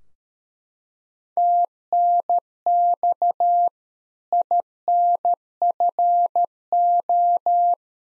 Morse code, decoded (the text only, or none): TNX INFO